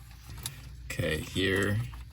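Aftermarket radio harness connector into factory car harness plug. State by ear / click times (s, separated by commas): not seated / none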